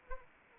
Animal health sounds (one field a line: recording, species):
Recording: mosquito wingbeat signal from an infrared sensor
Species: Anopheles arabiensis